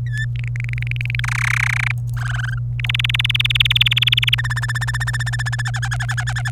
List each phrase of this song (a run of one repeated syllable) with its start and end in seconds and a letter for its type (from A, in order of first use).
0.06-0.25 A, 0.36-1.20 B, 1.24-1.92 C, 2.17-2.58 D, 2.79-4.35 E, 4.38-5.62 F, 5.65-6.50 G